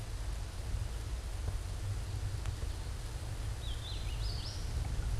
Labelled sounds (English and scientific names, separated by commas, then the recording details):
Hooded Warbler (Setophaga citrina) song
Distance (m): 45 m
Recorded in a Pennsylvania forest on 17 May 2023 at 13:51
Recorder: AudioMoth, point grid1_9_low
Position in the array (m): 38 m, 142 m